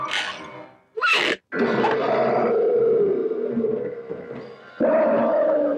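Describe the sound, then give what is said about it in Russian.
A lion slowly and menacingly emerging from a crate roars loudly in several deep, rumbling bursts: a short growl, a sharp snarl, then a long sustained roar that fades briefly before swelling again. No talking. “Из ящика медленно и грозно выходит лев.”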